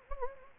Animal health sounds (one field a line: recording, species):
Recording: mosquito wingbeat signal from an infrared sensor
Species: Anopheles gambiae